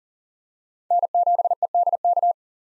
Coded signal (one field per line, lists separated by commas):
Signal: Morse code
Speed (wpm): 40 wpm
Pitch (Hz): 700 Hz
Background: none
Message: N7EDK